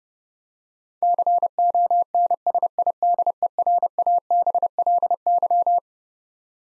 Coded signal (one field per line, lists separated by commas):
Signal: Morse code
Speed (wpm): 30 wpm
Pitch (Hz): 700 Hz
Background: none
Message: CONSIDERABLY